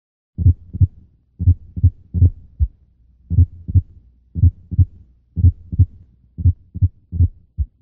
Simulated atrial premature complexes. Note that the heart sounds are not split, and there is no compensatory pause after the premature beats.